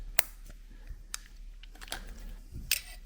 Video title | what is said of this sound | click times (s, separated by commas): Interior Door Handle Spring Repair | get it around and it should lock into place | 0.2 s